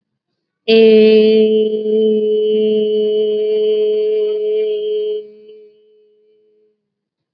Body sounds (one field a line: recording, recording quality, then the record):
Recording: sustained vowel as in made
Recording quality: excellent, no background noise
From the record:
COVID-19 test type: RT-PCR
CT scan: not taken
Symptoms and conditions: none ticked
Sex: female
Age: 24 years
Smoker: no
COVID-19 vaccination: both doses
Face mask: worn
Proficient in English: yes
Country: India